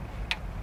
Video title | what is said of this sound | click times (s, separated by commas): Chevy Cobalt Fuel filter location and replacement simple and easy | you go that little click right there | 0.3 s